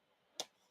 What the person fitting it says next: And listen for that click. You want that to click shut.